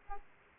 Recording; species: mosquito wingbeat signal from an infrared sensor; Aedes aegypti